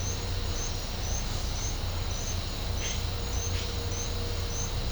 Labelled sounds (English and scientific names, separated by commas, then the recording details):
none
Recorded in pastures near Puerto Asís, Putumayo, Colombia, on 20 December 2024 at 09:30
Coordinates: 0.502, -76.324
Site G077